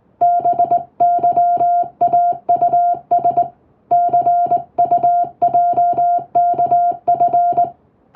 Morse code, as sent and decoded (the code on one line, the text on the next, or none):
-... -.-- .- ..- ... / -.-. ..- .--- -.- ..-.
BYAUS CUJKF